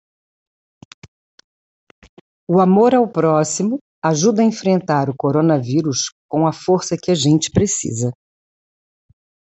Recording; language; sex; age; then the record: spoken sentence; Brazilian Portuguese; female; 50 to 59 years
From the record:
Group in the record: control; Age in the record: 59 years